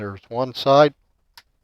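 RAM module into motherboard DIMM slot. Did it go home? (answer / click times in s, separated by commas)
yes / 1.4 s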